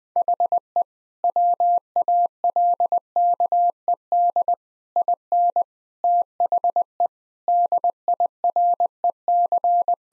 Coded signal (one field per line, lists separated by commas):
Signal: Morse code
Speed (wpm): 21 wpm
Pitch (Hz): 700 Hz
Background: none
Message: HE WALKED IN THE DIREC